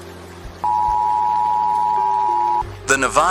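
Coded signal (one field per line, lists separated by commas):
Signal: Emergency Alert System (SAME) tones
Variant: 853 and 960 Hz attention tone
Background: speech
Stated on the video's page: Fictional simulated Emergency Alert System broadcast about an alien arrival.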